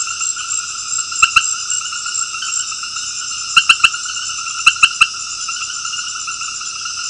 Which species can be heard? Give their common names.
none